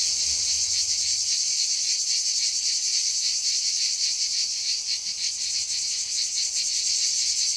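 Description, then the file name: Cicada song, a continuous piercing high buzz with subtle rapid throbbing and a small dip in loudness partway. "CHANT CIGALE"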